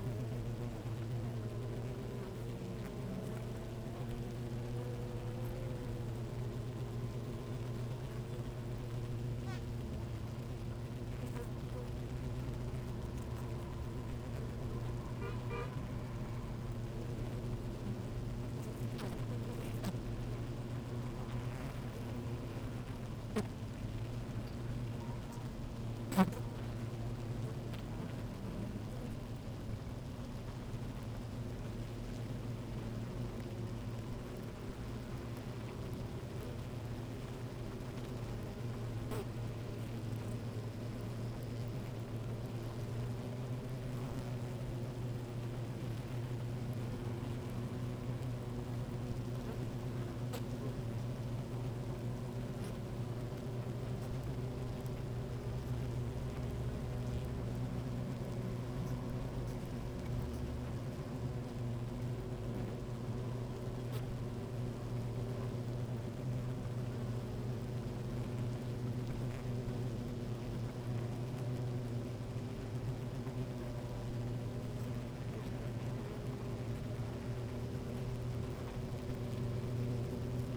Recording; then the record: honeybee colony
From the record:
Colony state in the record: active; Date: 28 July 2017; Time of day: 12:04